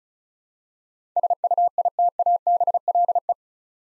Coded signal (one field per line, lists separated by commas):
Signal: Morse code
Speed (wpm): 36 wpm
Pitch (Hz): 700 Hz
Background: none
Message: SUITABLE